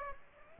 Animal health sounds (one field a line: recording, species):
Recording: mosquito wingbeat signal from an infrared sensor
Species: Aedes aegypti